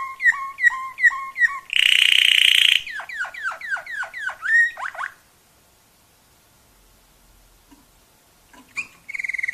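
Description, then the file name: Waterslager canary song in quick tours: a series of repeated whistled notes, a harsh buzzing roll, then fast descending liquid notes, a pause, and a brief resumed phrase. Waterslager canary song variations. "kenari waterslager variasi omkicau"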